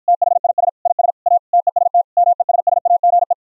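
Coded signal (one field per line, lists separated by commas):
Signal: Morse code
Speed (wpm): 53 wpm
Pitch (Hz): 700 Hz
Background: none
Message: THIS IS A TEST MESSAGE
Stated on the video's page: MFJ 451 CW keyboard keys a breadboarded 555 square wave, software re-keys it to pure sine wave with raised cosine edges.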